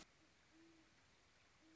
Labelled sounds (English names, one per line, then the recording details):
Great Horned Owl
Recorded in Sonoma County, California